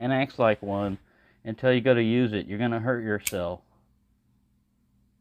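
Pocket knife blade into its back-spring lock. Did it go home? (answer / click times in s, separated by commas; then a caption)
no / none. Someone talks while opening a blade on a folding pocket knife, moving it toward its back-spring lock. The blade fails to lock open, and nothing has seated or clicked yet.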